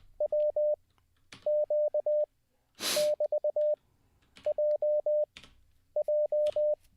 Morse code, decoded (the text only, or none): WQ<BT>JJ